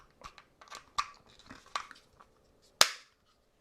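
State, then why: Seated. A colour-correcting snap-on filter is fitted by hand onto the front of a GoPro dive housing, with several small clicks and rattles as it is positioned. A sharp, loud snap at 2.8 s marks the filter clicking into place, and it is seated on the housing.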